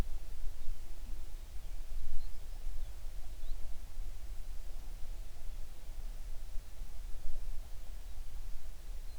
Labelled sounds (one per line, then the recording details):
songbird
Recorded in the Prudhoe Bay oil fields, Alaska, on 11 June 2019 at 05:24
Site 21